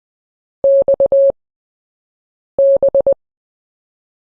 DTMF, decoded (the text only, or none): none